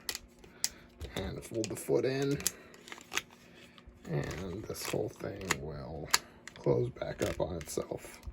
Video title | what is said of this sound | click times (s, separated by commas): Fans Toys FT-40A Hannibal Review! | turned around and it will click into place there | 0.1 s, 0.6 s